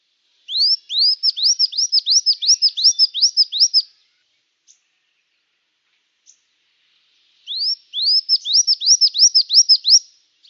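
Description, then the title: Brown-throated sunbird song in two bursts: quick strings of high, arching notes, separated by a pause of several seconds with faint ticks. In full active song (gacor), used for training cage birds. "Kolibri Gacor"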